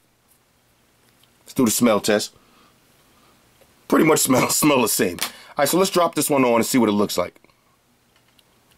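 Someone talks while handling a cheap replacement band for an Apple Watch, bringing its connector up to one side of the watch case's band slot, with a few faint small ticks near the end. Nothing has seated or clicked into the slot yet.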